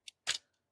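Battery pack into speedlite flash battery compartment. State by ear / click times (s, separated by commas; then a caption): not seated / none. A rechargeable battery pack is pushed into the battery compartment of a Godox V1 MID S round-head speedlite flash for Sony, giving a short, sharp high tick near 0.1 s, then a louder, fuller clatter around 0.3 s that fades by about 0.45 s, and a faint tick near 0.5 s. The battery does not latch, so nothing has locked in yet.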